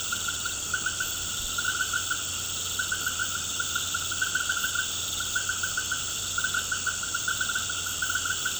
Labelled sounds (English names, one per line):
none